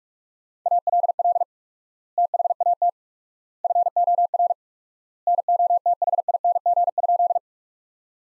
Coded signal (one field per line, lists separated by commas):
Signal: Morse code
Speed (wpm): 42 wpm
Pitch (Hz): 700 Hz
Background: none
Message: ALL THAT FOR NOTHING?